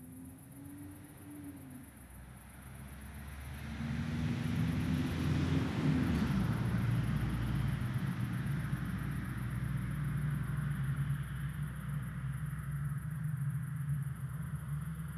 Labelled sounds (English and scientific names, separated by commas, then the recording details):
Long-eared Owl (Asio otus) alarm call
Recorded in the wild
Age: juvenile
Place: Flemmingen, Thuringia, DE
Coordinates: 50.9338, 12.615
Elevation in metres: 256
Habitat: orchard meadow
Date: 2024-07-29 21:46
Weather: 20°C, no wind
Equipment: Sound Devices MixPre6, 2 Sennheiser MKH8040
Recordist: Frommolt, Karl-Heinz